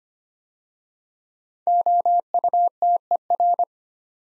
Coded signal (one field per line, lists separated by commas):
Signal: Morse code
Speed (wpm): 25 wpm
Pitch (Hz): 700 Hz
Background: none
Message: OUTER